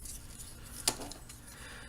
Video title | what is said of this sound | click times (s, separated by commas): Transformers Reveal the Shield: Deluxe Class Perceptor Review | them forward until they click into this place | 0.9 s